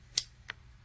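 The locking chuck collar on the handpiece of an ANBEISTEE Professional 45000 RPM electric nail drill is twisted into the unlock position, giving a sharp, bright click at 0.2 s. A second, fainter tick follows at 0.5 s, and the chuck is released into its unlocked position.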